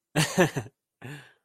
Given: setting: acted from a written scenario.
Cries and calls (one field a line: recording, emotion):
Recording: vocal sound without words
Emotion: triumph